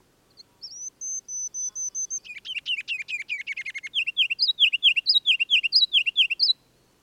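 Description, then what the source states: Ruby-crowned kinglet song: a series of high thin notes, then a fast stuttering series of lower chips, ending in repeated rich bouncy warbled phrases. Northern forest; bird sang from a fir limb about 20 feet up during a continual aerial display at lunchtime, flitting out 4-5 feet, somersaulting and hovering before returning; recording left raw, unmastered.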